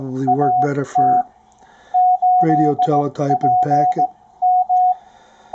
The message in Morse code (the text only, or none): AT 8PM